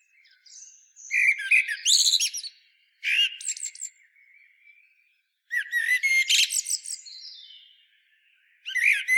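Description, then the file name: Common blackbird song, repeated phrases of low whistles running into squeaky, rapidly rising and falling twitters, with short gaps between them. "Turdus merula"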